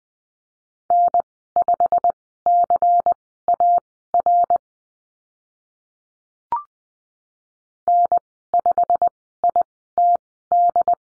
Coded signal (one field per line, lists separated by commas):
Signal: Morse code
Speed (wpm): 20 wpm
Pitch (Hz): 700 Hz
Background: none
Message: N5CAR N5ITD